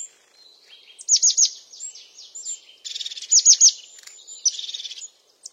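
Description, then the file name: European crested tit song: thin high notes with rapid purring trills, clustered bursts near the start, around the middle and near the end, in an otherwise quiet setting. "Canto do chapim de crista"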